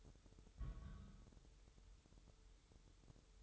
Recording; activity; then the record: daily activity, microphone in the room; place on stove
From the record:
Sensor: 3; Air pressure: 988.3 hPa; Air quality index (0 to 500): 190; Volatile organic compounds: 259 ppm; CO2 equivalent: 4384 ppm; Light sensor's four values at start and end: 24/76/32/27 and 24/76/32/27